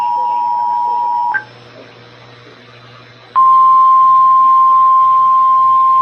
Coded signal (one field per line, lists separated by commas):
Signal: Emergency Alert System (SAME) tones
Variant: 853 and 960 Hz attention tone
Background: speech